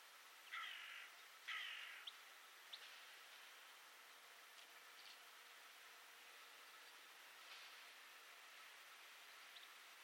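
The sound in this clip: Bird calls: two harsh, rasping caws a second apart, followed by a few faint short notes, over steady background hiss.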